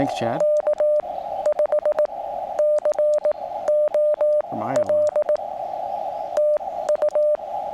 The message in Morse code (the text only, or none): K5COL TU